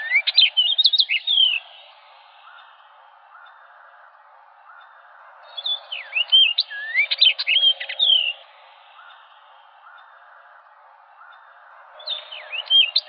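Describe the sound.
Orchard oriole song in lively bursts of tumbling whistles and chattery slurred notes, delivered in short bouts separated by quiet gaps of several seconds, with faint low background notes.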